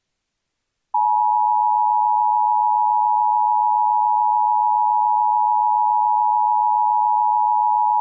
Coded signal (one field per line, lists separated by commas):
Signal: Emergency Alert System (SAME) tones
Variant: 853 and 960 Hz attention tone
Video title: KC Presents - EAS Scenario #6: Lost in Silence - A Non-Nuclear Situation